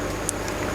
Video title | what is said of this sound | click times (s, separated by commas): MODIFIKASI HANDYCAM DENGAN MIC EXTERNAL | mengunci dan bunyi klik seperti itu | 0.3 s